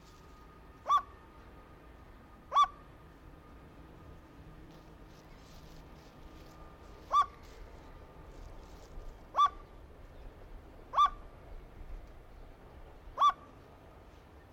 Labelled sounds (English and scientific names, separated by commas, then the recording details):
Red-legged Seriema (Cariama cristata) call
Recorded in captivity
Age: adult
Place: Zoo Berlin, Berlin, DE
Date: 1992-11-07 11:46
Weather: bedeckt, 14°C
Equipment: Marantz CP 430, Sennheiser ME 80, Kopie Tesla B 116
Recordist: Tembrock, Günter